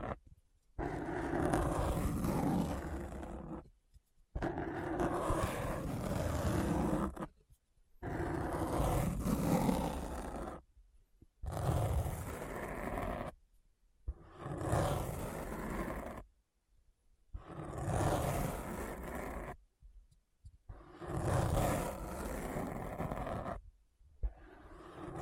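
A deep, rough scratching sound comes in seven long bursts, each about three seconds, separated by short gaps of near silence. Every burst is dense and gritty, heaviest in the low end with a hissy top, rising and falling like a growling scrape.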